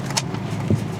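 A plastic trim cover behind the rearview mirror of a BMW X3, now housing an integrated Mercylion A20 hidden dash cam, is pushed back into the windshield mirror mount housing. A sharp snap at 0.2 s marks the cover seating in place, followed by a low thump around 0.7 s over a steady low hum. The trim cover is confirmed snapped into place.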